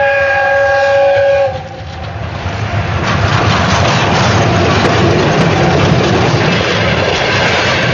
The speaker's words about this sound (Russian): Поезд, шедший из Томской области, и дни, которые он просиживал у окна общего вагона, все это осталось в прошлом.